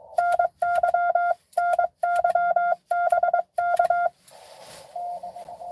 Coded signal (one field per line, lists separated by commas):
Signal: Morse code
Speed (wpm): 23 wpm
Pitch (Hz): 1400 Hz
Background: none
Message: NYNYBK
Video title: N2AKJ is live! Doing parks on the air at nessequogue river state park us-2114 #pota #cw